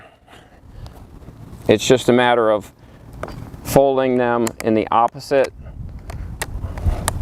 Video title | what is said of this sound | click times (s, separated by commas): How to Install Drainage tiles for your Artificial Turf Putting Green- DIY Guide. | and then they pop right open and then again to put them back | 6.4 s, 7.1 s